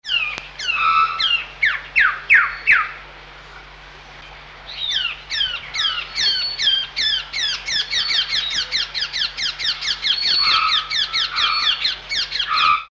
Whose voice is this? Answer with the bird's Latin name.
Nectarinia kilimensis